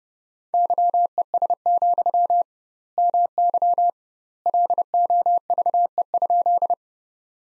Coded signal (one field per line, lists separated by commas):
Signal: Morse code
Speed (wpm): 30 wpm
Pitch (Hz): 700 Hz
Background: none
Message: YES, MY LOVE?